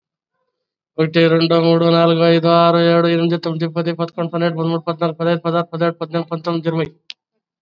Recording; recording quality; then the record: counting at a fast pace; excellent, no background noise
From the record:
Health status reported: COVID-19 positive, mild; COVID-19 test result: positive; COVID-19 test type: RT-PCR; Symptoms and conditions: cough, cold, fever, fatigue, muscle pain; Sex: male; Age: 48 years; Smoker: no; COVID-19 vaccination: both doses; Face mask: worn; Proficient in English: yes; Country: India